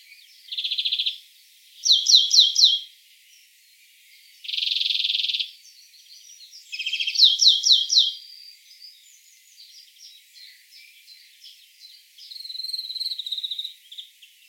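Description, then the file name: European greenfinch giving several bursts of rapid twittering trills and buzzy wheezes. "Chloris chloris"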